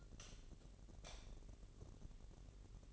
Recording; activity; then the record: daily activity, microphone in the room; light off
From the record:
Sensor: 4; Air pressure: 1012.7 hPa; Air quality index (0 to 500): 248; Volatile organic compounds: 4 ppm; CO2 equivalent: 1686 ppm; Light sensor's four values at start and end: 16/41/16/17 and 14/31/12/12